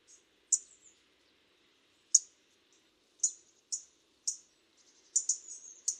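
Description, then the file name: European robin uttering sharp, high-pitched clicks and short squeaks spaced unevenly, with a quick cluster of notes toward the end and a light hiss behind. "Erithacus rubecula"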